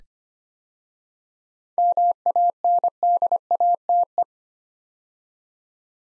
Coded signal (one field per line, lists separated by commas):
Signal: Morse code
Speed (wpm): 25 wpm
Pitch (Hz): 700 Hz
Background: none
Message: MANDATE